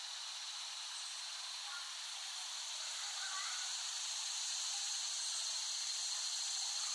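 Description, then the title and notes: Cicadas in a continuous high, hissing drone that strengthens gradually, with a few faint lower notes in the background. Cicadas in West Brighton, Staten Island, late summer 2008. "Dronecast. The Cicadas of Summer. Recording of cicadas made by Dan Bodah in West Brighton, Staten Island, late summer 2008"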